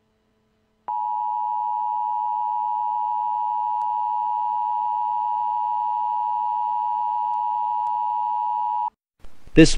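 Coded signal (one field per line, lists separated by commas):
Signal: Emergency Alert System (SAME) tones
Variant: 853 and 960 Hz attention tone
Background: speech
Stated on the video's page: Fictional EAS short scenario about an expanding void in Aspen, Colorado.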